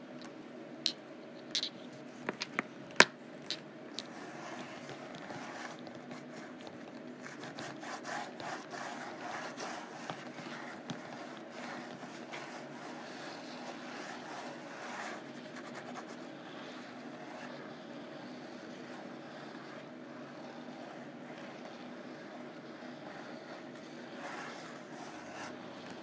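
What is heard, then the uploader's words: Scratching and tapping on rough canvas over a steady low hum that runs the whole time. Sharp, isolated taps stand out in the first four seconds, then give way to denser, gritty scratching through the middle before it thins out toward the end. ASMR Rough Canvass: Scratching and Tapping.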